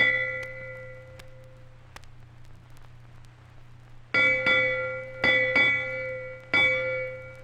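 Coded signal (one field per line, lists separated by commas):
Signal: ship's bell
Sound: bright ringing ship's bell struck in two pairs, then once, with long decay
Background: low hum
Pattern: 2-2-1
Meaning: Five bells marks two and a half hours into the watch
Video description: 1. Ship's Bell-1 to 8 Bells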